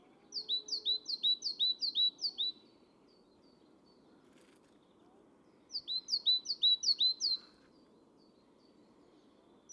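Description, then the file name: Great tit singing two quick bouts of ringing two-note phrases, several per bout, with a few seconds of quiet between them. "Parus major"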